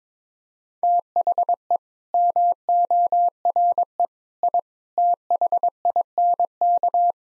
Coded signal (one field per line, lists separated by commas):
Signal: Morse code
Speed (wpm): 22 wpm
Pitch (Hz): 700 Hz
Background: none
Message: THE MORE I THINK